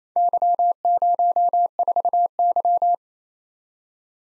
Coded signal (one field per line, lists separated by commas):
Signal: Morse code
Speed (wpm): 32 wpm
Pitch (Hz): 700 Hz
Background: none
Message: Y04Y